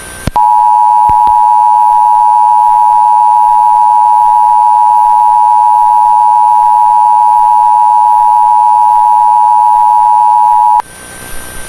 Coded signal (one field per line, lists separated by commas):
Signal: Emergency Alert System (SAME) tones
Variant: 853 and 960 Hz attention tone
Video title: EAS Scenario - The Symbiote